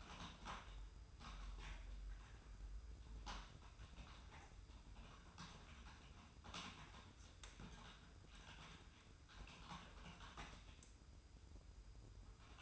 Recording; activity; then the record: daily activity, microphone in the room; typing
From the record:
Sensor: 2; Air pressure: 990.8 hPa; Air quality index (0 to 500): 144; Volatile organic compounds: 297 ppm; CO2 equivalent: 4474 ppm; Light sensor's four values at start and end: 28/69/27/29 and 28/69/27/29